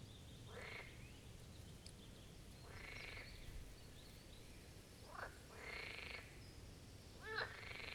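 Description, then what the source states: Marsh frog chorus: a few rattling, pulsed croaks of about half a second, separated by pauses, over a steady low rumble of background noise. A chorus at the Birkensee, Schönbuch, Germany, recorded on one of the first proper hot summer days of 2023.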